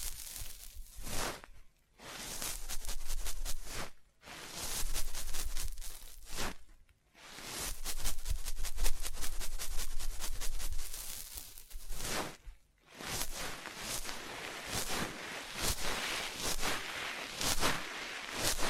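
Scratching, tapping and tracing sounds come in dense, rapid strokes, each burst lasting a few seconds and separated by brief silent gaps near 1.5, 4, 7 and 12.5 seconds. The scraping is bright and gritty with fast repeated ticks, and the later part shifts between sides.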